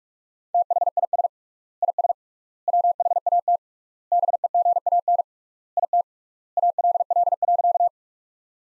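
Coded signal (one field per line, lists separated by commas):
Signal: Morse code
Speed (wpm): 46 wpm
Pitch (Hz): 700 Hz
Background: none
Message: THIS IS WHAT BEGAN IT ALL.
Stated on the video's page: Computer-generated Morse practice of sentences from the top 300 words at 45 wpm, sent with 3x standard word spacing, a word-level Farnsworth-like method.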